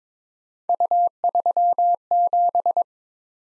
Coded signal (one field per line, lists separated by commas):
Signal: Morse code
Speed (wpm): 22 wpm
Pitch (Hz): 700 Hz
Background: none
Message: U37